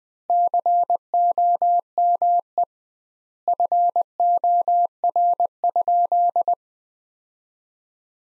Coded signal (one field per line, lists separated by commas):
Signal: Morse code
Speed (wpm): 20 wpm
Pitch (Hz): 700 Hz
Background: none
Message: COME FOR?